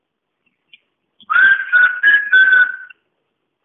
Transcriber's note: whistling